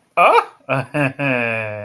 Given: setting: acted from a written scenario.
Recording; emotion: vocal sound without words; positive surprise